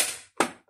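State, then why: Seated. On a second attempt, the plastic lid of a watercolour paint palette is pressed closed onto its base after a fading broadband rustle. It snaps shut with a single sharp click at 0.4 s, followed by a brief decaying tail and a faint tap near 0.7 s. The lid clips securely in place, showing that the earlier failure to close was the user's own doing.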